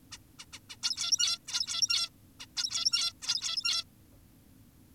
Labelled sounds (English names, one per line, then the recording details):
Zebra Finch
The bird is an adult
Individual g17y2U